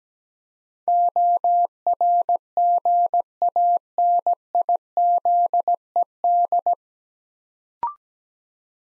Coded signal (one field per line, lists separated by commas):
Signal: Morse code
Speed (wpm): 17 wpm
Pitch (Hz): 700 Hz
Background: none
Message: ORGANIZED